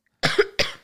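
Two short, abrupt cough bursts about a third of a second apart, the first with a brief voiced catch in the middle, from an adult woman. These are coughs brought on by laughing, plain reflex coughs rather than a distinctive clinical cough pattern.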